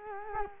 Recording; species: mosquito wingbeat signal from an infrared sensor; Culex quinquefasciatus